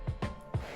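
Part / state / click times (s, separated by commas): wiper blade onto wiper arm / seated / 0.2 s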